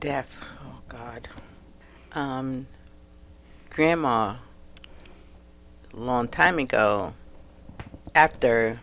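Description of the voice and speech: An adult stroke survivor in an aphasia group conversation produces single words and brief phrases ("death," "oh God," "grandma," "long time ago," "after," "me") separated by long silent gaps, with almost no connecting grammar. This halting, telegraphic output fits non-fluent aphasia after stroke, which limits the ability to share stories.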